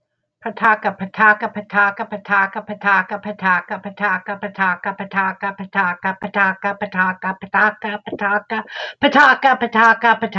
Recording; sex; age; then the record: repeated syllables /pa ta ka/; female; 50 to 59 years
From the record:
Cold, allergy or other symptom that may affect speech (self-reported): no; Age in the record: 58 years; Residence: Texas, United States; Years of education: 13